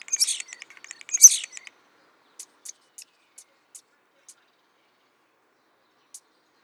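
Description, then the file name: Common starling song fragment: two dense bursts of harsh, crackling high notes, followed by scattered sharp clicks at irregular intervals, then near silence. "Spreeuw"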